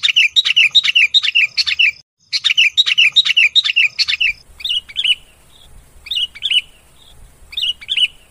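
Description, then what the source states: Lovebird calls, sharp high chirps run together in fast chattering bursts, then spaced single squeaky notes with short gaps, over a low background rumble. Lure sound used for trapping lovebirds.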